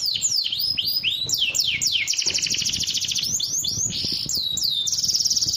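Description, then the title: Bird singing looping whistled swoops and fast buzzy trills, a busy unbroken stream of high notes. Compilation ('masteran') of bird songs. "Masteran burung terlengkap"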